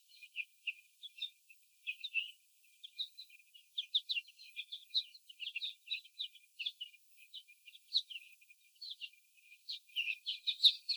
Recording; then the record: young laying hens in a cage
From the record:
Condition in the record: before the stressor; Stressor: sudden umbrella opening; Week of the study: 3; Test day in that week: 2